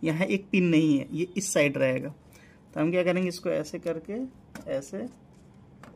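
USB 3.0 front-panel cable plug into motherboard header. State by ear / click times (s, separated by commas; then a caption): seated / 5.8 s. A keyed USB 3.0 front-panel cable plug, a plastic block with one blocked pin, is lined up with the motherboard header of a Zebronics Gaming cabinet build and pushed on while someone talks. It clicks into place at 5.8 seconds with a short, sharp snap. The plug is seated.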